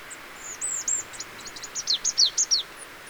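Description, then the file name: Marsh tit calls, building into a lively sequence of crisp high downslurred notes, over soft background hiss. "Poecile palustris"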